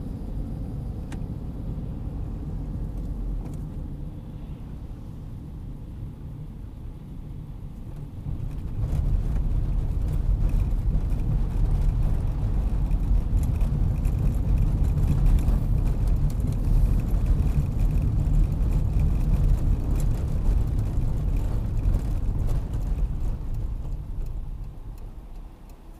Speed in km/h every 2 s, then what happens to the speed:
33, 26, 21, 19, 20, 23, 26, 28, 27, 24, 18, 10, 3.
0-5 slows to 19. 5-13 speeds up to 28. 16-26 slows to 3.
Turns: none.